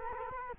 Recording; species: mosquito wingbeat signal from an infrared sensor; Culex quinquefasciatus